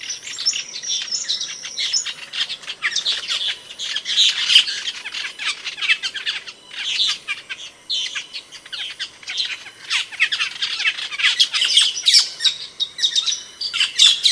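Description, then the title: Bird singing in a busy stream of high twittering and sharp chirps, rapid bursts with short pauses, some harsh squawk-like notes mixed in. Training song used for teaching caged songbirds. "Masteran Burung"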